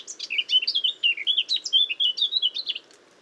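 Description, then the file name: Eurasian blackcap giving a rapid, loud warble of fluty whistles and slurred notes for nearly three seconds, then stopping. "Sylvia atricapilla"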